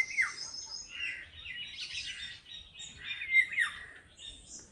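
Birds giving bright slurred chirps and whistles, several notes sliding downward, in a steady, mid-paced exchange.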